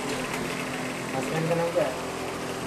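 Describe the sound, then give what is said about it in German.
A steady, droning whir of fans hums throughout, with faint scattered clicks that could be keyboard typing and muffled voices murmuring underneath. Two employees type on their computers under the fans at a post office in New Delhi, India, recording the data of people applying for a personal identity number (UID). “Unter surrenden Ventilatoren tippen zwei Angestellte fleißig an ihren Rechnern.”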